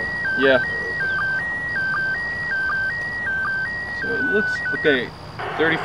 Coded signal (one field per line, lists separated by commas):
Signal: SSTV (slow-scan television)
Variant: PD 180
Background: speech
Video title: Failed ISS Slow Scan TV!